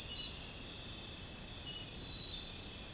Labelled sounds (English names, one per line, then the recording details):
none
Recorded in secondary vegetation near Puerto Asís, Putumayo, Colombia, on 4 March 2025 at 04:30
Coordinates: 0.484, -76.319
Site G010